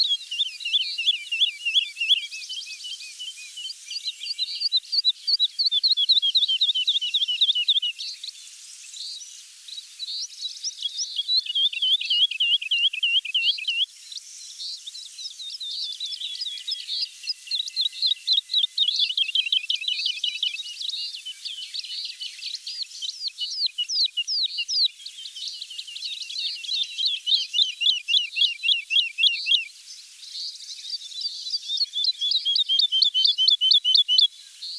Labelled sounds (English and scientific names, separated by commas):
Wood Lark (Lullula arborea) song